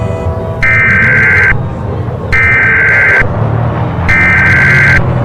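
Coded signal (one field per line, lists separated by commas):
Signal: Emergency Alert System (SAME) tones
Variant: header bursts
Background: speech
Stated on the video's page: Fictional EAS scenario and ambience recreation imagining a nuclear war; simulated, not a real alert.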